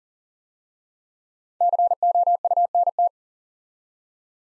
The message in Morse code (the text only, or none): COUNT